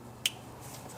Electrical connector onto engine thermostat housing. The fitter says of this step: make sure you hear that click guys when you install it listen now